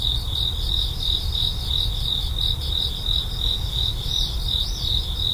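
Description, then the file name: Cricket chirping, a high continuous pulsed trill with even spacing, low rumble beneath. "korogi"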